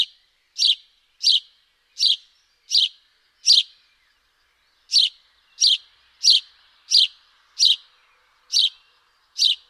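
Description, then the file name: House sparrow chirps: short harsh chirps repeated in a rapid series, about one or two per second, with a brief pause midway and no other clear sounds. "Passer domesticus"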